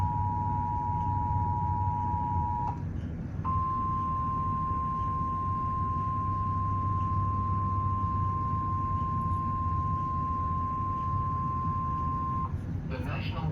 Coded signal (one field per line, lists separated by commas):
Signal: Emergency Alert System (SAME) tones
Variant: 853 and 960 Hz attention tone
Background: speech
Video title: EAS Alerts from August 26-30, 2024 [EAS #1,878-1,885]